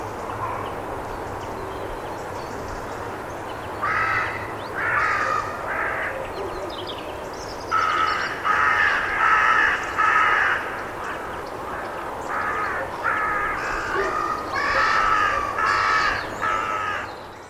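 Bird calls, loud and harsh, in clustered runs of several rasping notes with short pauses between groups, over a low background hum.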